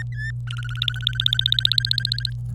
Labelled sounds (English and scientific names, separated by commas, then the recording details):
Domestic Canary (Serinus canaria) song
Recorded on 26 April 2018 at 09:53
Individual llb3